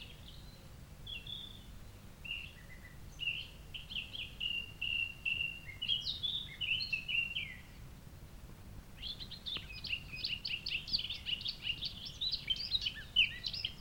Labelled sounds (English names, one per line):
Eurasian Blackcap song